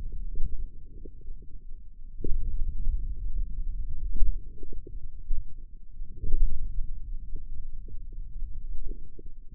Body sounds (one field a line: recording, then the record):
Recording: forearm muscle sounds (acoustic myography)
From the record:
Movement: pen grasping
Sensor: system 2, bracelet of six BSWA MPA416 microphones around the upper forearm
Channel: 6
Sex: male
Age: 22 years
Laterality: right